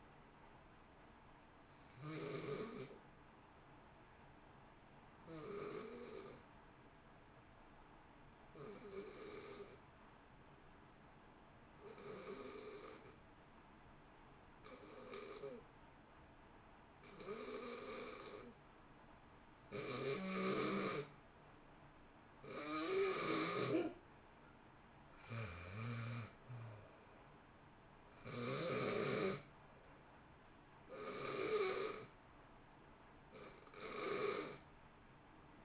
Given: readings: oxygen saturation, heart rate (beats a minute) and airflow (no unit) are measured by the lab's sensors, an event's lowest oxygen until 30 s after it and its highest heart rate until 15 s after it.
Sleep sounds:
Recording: breathing in sleep by a voice recorder at the bedside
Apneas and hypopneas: 1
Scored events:
5.00-29.00 s: hypopnea (N2, oxygen 94% highest, then 86% lowest, heart rate 54 at the start, 66 highest)
From the record:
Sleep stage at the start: N2 (light sleep)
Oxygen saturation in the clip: 87 to 94%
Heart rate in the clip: 54 to 66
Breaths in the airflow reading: 9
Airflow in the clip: -1.1 to 1.0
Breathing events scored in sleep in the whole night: 328 in 6.3 hours asleep

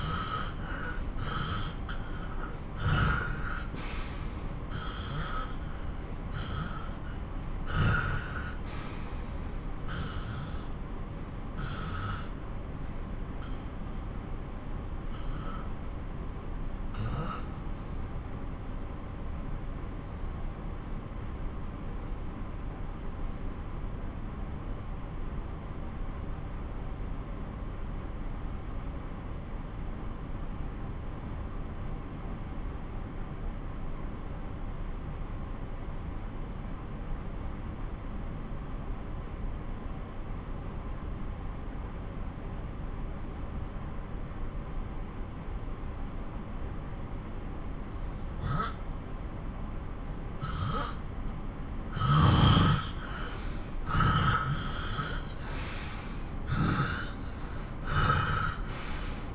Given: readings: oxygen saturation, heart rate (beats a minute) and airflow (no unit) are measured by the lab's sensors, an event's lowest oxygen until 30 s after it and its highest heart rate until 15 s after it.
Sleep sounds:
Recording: breathing in sleep by a smartphone at the bedside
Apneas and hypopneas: 1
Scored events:
11.00-51.30 s: obstructive apnea (N1, oxygen 95% highest, then 86% lowest)
From the record:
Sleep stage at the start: N1 (lightest sleep)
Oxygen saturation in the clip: 83 to 95%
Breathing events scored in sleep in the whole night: 217 in 6.3 hours asleep

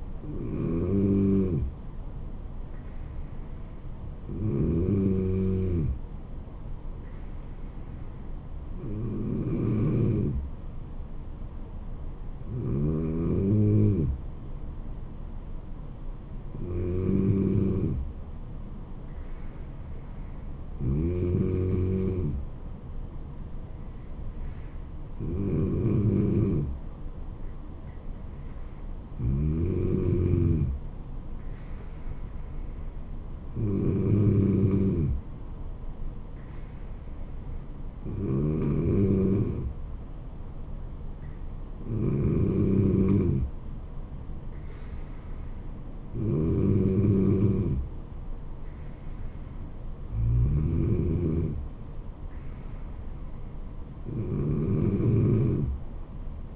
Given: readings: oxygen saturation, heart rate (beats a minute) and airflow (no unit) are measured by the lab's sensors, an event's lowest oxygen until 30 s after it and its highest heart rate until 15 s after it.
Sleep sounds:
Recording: breathing in sleep by a smartphone at the bedside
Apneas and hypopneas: none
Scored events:
none scored
From the record:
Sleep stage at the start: N2 (light sleep)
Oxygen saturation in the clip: 94 to 95%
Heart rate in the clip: 64 to 76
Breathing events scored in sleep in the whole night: 426 in 7.4 hours asleep

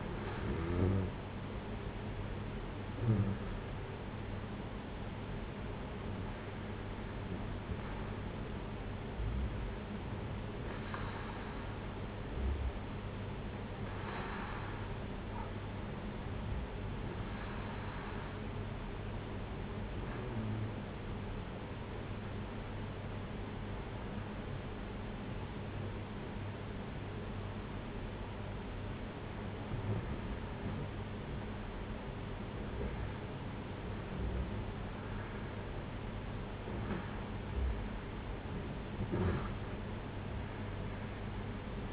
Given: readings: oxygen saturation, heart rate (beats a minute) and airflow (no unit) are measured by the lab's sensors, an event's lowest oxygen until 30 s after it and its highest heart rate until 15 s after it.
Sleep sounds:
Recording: breathing in sleep by a voice recorder at the bedside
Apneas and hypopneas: 1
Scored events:
17.00-34.80 s: hypopnea (REM, oxygen 94% highest, then 91% lowest)
From the record:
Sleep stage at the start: REM sleep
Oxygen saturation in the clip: 93 to 94%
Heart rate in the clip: 59 to 65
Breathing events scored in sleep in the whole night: 226 in 8.8 hours asleep

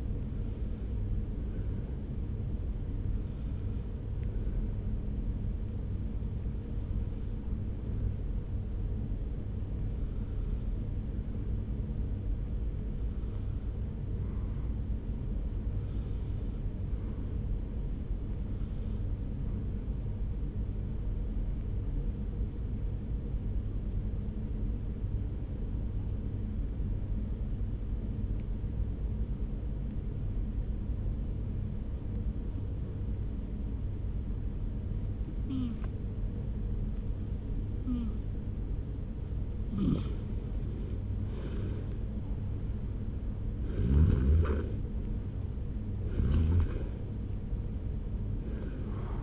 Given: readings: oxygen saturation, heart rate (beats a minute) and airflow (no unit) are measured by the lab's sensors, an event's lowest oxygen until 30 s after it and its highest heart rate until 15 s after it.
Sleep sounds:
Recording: breathing in sleep by a smartphone at the bedside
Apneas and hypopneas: 1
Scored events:
10.00-38.30 s: hypopnea (N1, oxygen 96% highest, then 83% lowest)
30.00-49.23 s: new sleep stage, REM sleep
From the record:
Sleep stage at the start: N1 (lightest sleep)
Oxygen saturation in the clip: 88 to 96%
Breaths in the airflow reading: 18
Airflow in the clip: -2.0 to 3.8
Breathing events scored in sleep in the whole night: 335 in 6.7 hours asleep

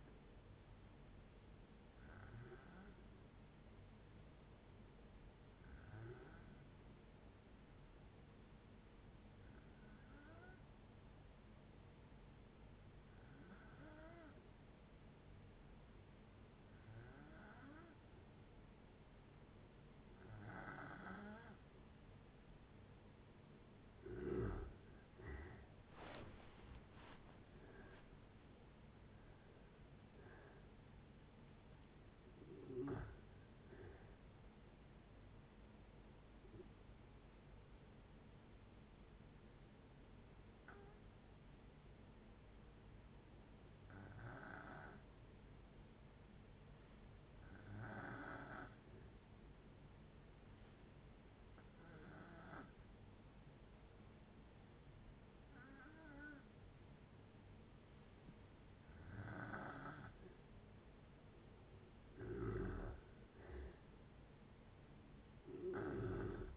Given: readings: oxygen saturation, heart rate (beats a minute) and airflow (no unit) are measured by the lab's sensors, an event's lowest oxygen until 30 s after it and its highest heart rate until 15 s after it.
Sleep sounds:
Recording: breathing in sleep by a voice recorder at the bedside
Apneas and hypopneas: 2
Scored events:
3.00-24.60 s: hypopnea (N2, oxygen 94% highest, then 87% lowest)
37.00-62.00 s: hypopnea (N2, oxygen 96% highest, then 87% lowest, heart rate 71 at the start, 71 highest)
From the record:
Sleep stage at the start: N2 (light sleep)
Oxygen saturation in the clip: 86 to 96%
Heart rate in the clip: 58 to 81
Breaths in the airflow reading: 17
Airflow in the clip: -8.3 to 14.7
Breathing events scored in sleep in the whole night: 496 in 5.4 hours asleep

